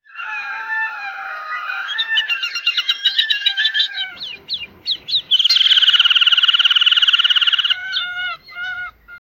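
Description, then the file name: Bird calls: a fast run of nasal, harmonic notes, then a brief lull with rising chirps, a loud two-second buzzy rattle, and a few short closing notes. "the call of a hybrid"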